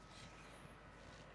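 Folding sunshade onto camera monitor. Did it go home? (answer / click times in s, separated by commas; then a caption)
no / none. A folding plastic sunshade is being refitted onto a camera's screen by its bottom clip, with only a steady low hum and faint handling noise heard. Nothing has seated or clicked yet.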